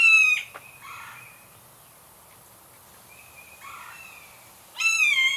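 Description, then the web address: Bird calling with loud harsh, buzzy squawks at the beginning and end, and softer nasal notes between, over quiet low background noise. "az brid sounds"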